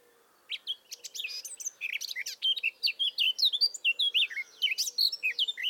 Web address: SETE data Sylvia atricapilla